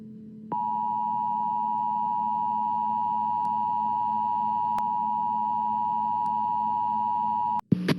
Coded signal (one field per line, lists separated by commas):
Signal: Emergency Alert System (SAME) tones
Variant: 853 and 960 Hz attention tone